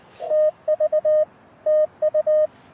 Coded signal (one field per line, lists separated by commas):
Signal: Morse code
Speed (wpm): 20 wpm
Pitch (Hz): 600 Hz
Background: none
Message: TV TU